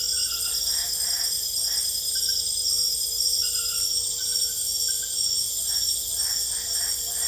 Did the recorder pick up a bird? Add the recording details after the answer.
no. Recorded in secondary vegetation near Puerto Asís, Putumayo, Colombia, on 26 December 2024 at 20:30. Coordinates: 0.488, -76.319. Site GP04